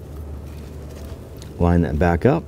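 On a 2004-2009 Dodge Durango, the wiring harness electrical connector is picked up and moved toward the camshaft position sensor, over a steady low hum with a faint tick near 1.4 s. Someone talks from about 1.6 s. The connector has not been pressed on yet, and nothing has seated or clicked.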